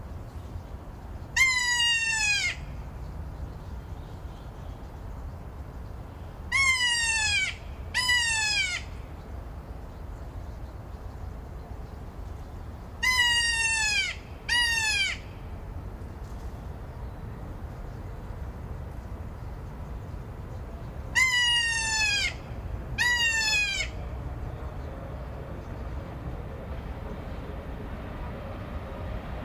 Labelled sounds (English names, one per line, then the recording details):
Kea
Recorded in captivity
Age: adult
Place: Zoo Berlin, Berlin, DE
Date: 1997-10-03 19:25
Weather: heiter, 11°C
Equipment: Sony MD-WM MZ-R3, Sennheiser ME 80, Kopie Uher 4000 Report Monitor
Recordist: Tembrock, Günter